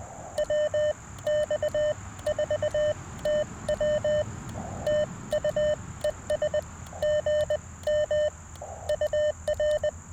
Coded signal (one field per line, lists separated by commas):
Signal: Morse code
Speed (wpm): 20 wpm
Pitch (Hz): 600 Hz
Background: none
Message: WX4TW TUES GM UR